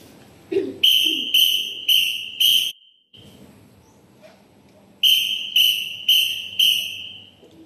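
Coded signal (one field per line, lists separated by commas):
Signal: whistle signal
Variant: Scout whistle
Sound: two shrill whistle blasts, each warbling in about four pulses, separated by a pause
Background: room noise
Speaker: So when you want them to gather together, then you will say, you will give the whistle signal like this. Short flash followed by one long flash.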